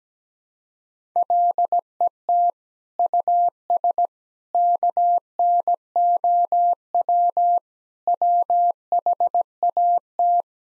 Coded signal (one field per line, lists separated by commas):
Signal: Morse code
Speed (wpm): 17 wpm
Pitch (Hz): 700 Hz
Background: none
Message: LET US KNOW WHAT